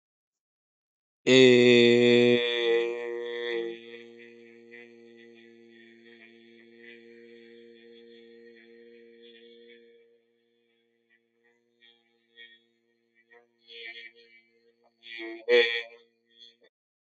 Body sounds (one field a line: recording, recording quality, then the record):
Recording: sustained vowel as in made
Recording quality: excellent, no background noise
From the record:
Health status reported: healthy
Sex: male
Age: 29 years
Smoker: yes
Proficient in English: yes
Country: India